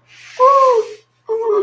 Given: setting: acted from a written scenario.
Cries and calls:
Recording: vocal sound without words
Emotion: pain

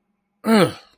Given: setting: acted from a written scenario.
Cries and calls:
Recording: vocal sound without words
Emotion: negative surprise

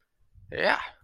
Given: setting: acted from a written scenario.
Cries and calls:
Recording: vocal sound without words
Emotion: triumph

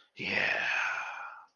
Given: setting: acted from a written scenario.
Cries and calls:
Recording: vocal sound without words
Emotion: ecstasy

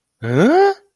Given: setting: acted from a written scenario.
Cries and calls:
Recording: vocal sound without words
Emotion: confusion

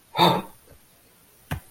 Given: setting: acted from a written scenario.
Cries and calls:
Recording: vocal sound without words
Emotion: fear

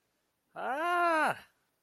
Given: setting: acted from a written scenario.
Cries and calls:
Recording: vocal sound without words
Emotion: fear

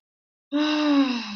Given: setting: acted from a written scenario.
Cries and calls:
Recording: vocal sound without words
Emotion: ecstasy

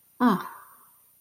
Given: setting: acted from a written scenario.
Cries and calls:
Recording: vocal sound without words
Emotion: guilt

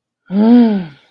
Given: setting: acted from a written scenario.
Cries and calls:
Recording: vocal sound without words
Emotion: desire

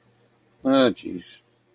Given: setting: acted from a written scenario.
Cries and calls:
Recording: vocal sound without words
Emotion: realization

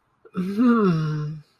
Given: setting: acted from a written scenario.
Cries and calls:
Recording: vocal sound without words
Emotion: contentment

